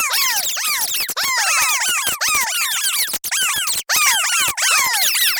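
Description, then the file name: Rodents squeaking in a dense, overlapping chorus of sharp, downward-sliding squeals, with scratchy rustling underneath and a few brief gaps. Artificially created ambience of a rodent plague. "CREATED AMBIENCE RODENT PLAGUE"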